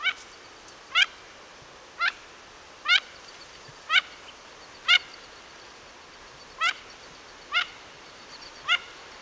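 Mandarin duck calls: short whistled notes given singly in a loose series, over a soft steady background hiss.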